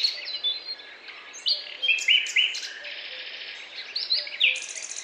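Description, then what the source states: Bird chirps and short whistled notes, some sliding, with a brief buzzy trill, sparser than a full chorus, over a soft background hiss. Chirping birds in a forest, described as peaceful.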